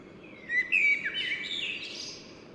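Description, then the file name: Common blackbird giving a single rich whistled phrase that slides and wavers, then trails off into a softer, higher squeaky tail. "Turdus merula"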